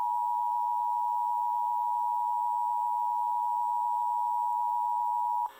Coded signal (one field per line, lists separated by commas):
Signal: Emergency Alert System (SAME) tones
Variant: 853 and 960 Hz attention tone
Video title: EAS 1345 SVR NWS Jackson